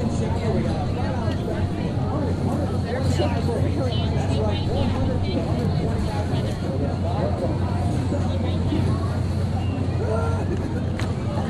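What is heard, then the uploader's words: Steady crowd noise at a fairground: many overlapping voices chatter with no pauses. A constant low engine or generator hum runs underneath throughout, with a faint high whine above, and the overall level stays even. Recordings of the 2009 New Jersey State Fair made by Dan Bodah at the Sussex Co. Sussex Co. Fairgrounds, Frankfort, NJ.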